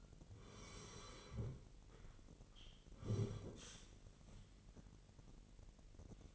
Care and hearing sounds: daily activity, microphone in the room; sit down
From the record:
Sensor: 4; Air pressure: 999.4 hPa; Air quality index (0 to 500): 107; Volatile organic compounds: 2 ppm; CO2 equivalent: 1056 ppm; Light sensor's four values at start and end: 11/26/10/11 and 11/26/10/12

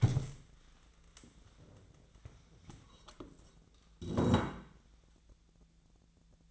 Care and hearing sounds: daily activity, microphone in the room; stand up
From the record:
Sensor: 3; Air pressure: 1000.4 hPa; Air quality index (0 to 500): 171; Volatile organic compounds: 3 ppm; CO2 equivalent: 1488 ppm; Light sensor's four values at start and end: 14/32/14/14 and 14/32/13/14

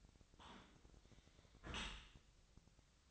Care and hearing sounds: daily activity, microphone in the room; close dishwasher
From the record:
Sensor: 3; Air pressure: 1003.1 hPa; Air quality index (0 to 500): 195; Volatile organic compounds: 6 ppm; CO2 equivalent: 1907 ppm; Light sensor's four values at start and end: 22/54/23/24 and 22/54/23/24

